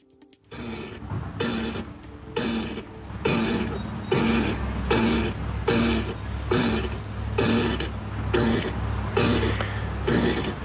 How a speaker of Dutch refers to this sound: Tussen alle vogelzang door even aandacht voor een ander geluid. De zoogdieren komen er sowieso altijd bekaaid af bij de ingezonde natuurgeluiden. Hier horen we een egel in de tuin van Ben van der Meer uit Jelsum.